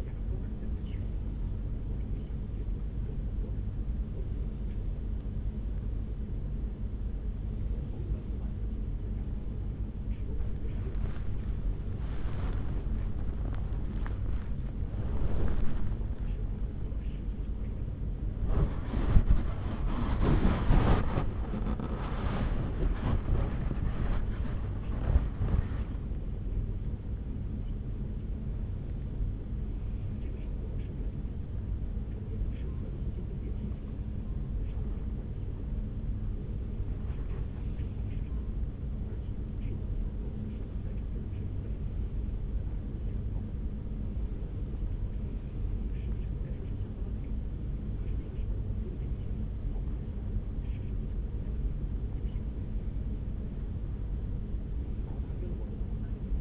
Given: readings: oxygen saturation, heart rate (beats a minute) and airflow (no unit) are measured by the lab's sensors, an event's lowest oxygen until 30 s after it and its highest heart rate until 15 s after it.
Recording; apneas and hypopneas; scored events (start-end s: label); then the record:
a person awake in a sleep study, by a smartphone at the bedside; none
0.00-56.41 s: awake
From the record:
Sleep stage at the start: awake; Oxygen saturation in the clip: 93 to 95%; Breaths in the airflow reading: 16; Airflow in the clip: -5.3 to 4.7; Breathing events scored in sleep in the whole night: 335 in 6.7 hours asleep